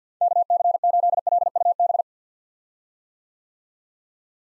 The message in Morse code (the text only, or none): KC8LUB